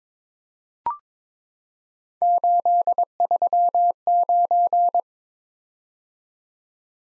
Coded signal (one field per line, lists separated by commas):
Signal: Morse code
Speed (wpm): 22 wpm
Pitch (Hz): 700 Hz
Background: none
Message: 839